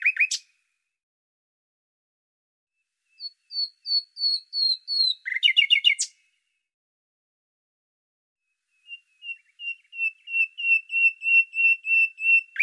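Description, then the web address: Bird singing in separate phrases: a brief burst, a row of clear whistles ending in a dense chirpy burst, then a long, even series of rhythmic chirps. "Deverinetal 2025"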